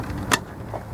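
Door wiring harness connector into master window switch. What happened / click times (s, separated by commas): The connector clicked into place / 0.3 s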